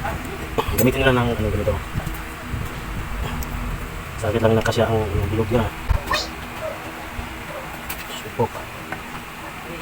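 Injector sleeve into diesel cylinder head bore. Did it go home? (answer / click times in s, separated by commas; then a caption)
no / none. An injector sleeve for a 4HL1 diesel engine is being worked into its bore in the cylinder head while someone talks, with a few short, sharp sounds along the way. Nothing has seated yet: the sleeve is not yet flush in its bore when the clip ends.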